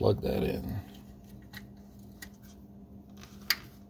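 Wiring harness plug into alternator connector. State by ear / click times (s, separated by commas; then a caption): seated / 3.5 s. Someone talks briefly, then a wiring harness electrical plug is pushed onto the connector of a replacement alternator on a Nissan Armada/Titan or Infiniti QX56/QX80, with a few faint ticks as it is worked on. A sharp click at 3.5 s marks the plug seating, confirming it is on.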